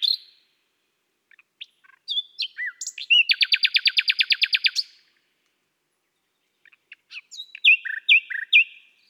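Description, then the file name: Common nightingale song with slurred notes leading into a loud rapid pulsed rattle, a silent pause, then several whistled downslurred notes. "Rossignol philomele Chants doiseaux des bois et des forets"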